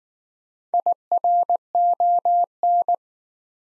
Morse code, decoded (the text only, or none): IRON